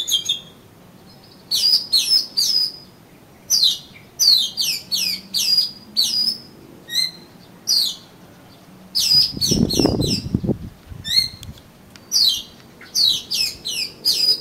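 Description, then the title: Oriental magpie-robin song of quick downslurred whistles in clustered bursts, repeated throughout, with a brief low noise midway. "Kacer Kacer"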